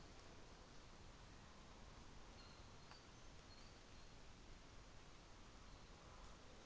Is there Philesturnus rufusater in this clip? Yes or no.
no